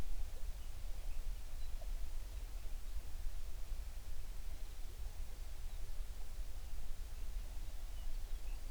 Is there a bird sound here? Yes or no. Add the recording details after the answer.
yes. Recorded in the Prudhoe Bay oil fields, Alaska, on 11 June 2019 at 04:37. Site 21